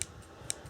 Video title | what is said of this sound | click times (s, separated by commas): Leatherman Raptor | twist it and locks into place very | 0.0 s, 0.5 s